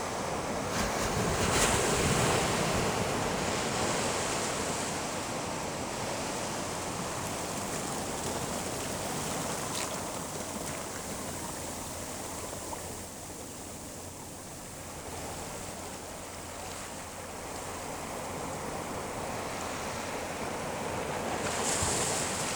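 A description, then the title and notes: Slow waves wash on a beach in a steady, dense rush of noise, swelling near the start and again toward the end with a quieter lull in the middle. Wind buffets the microphone with low rumbling throughout, and brief hissing bursts stand out around two and twenty-two seconds. Nairn Beach Notes. Hard frost. Listening to the waves there seems to be a slowness to them. Long periods between the occasional roller.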